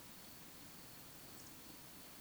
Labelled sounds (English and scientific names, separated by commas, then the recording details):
Eurasian Woodcock (Scolopax rusticola) whistle
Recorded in Baden-Württemberg, Germany, on 25 June 2020 at 20:05 UTC
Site 46874, 985 m above sea level